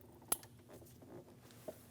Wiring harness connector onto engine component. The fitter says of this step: Going to put the connector on the bottom. Push until you hear a click.